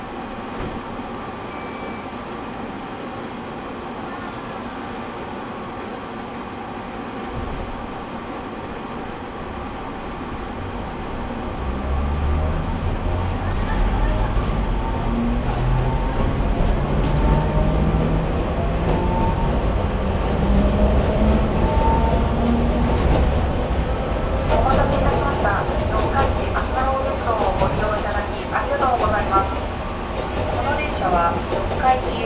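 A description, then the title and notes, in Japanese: Recorded aboard a small local train, the cabin starts as a low steady hum, then swells from about eleven seconds as the car gets moving, with deep rumbling and rising motor tones. Voices murmur throughout, and rattling wheel clicks grow busier near the end. 四日市あすなろう鉄道 内部→日永→西日野→日永。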